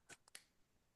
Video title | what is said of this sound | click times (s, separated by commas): Abbi Mini Lab Machine Training | and lock it in. You can hear it click in. | 0.3 s